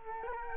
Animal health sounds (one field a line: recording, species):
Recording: mosquito wingbeat signal from an infrared sensor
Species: Culex quinquefasciatus